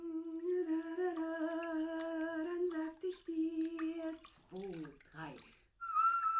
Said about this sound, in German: Und da drüben planscht es und pfeift dazu wilde Potpourris.